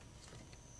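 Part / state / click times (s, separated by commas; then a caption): wiring harness plug onto crankshaft position sensor / not seated / none. A new wiring pigtail plug is handled at the crankshaft position sensor on a Jeep 3.6L engine, replacing the damaged connector that could be easily tugged off. Soft, low handling rustles and faint bumps are heard over a steady background hum. Nothing has seated or clicked yet.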